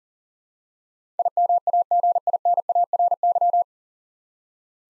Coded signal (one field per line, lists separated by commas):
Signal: Morse code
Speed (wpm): 40 wpm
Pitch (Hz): 700 Hz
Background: none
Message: IMAGINARY